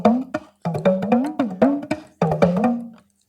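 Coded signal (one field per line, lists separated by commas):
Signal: talking drum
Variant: African talking drum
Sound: rapid hand-drum strokes in several phrases, low pitch rising and falling between hits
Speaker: ¿Y si escuchamos algo así?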